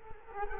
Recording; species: mosquito wingbeat signal from an infrared sensor; Culex quinquefasciatus